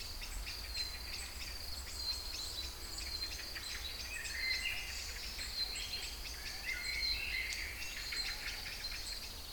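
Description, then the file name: Songbirds give scattered high chirps and short warbled whistles over a constant thin high tone. Kouri Forest, Thessaloniki, Greece; recorded 22 05 12 at 18:35. "Singing Birds Kouri Forest Salonika 22 05 12 18 35"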